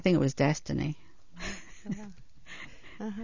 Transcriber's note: she laughs